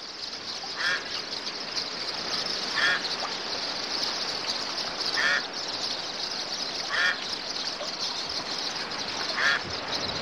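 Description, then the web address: Bird calls: five fairly faint rasping notes spaced around two seconds apart, partly masked by a persistent high-pitched hiss. "audio animali uccelli 05 uccelli birds 01"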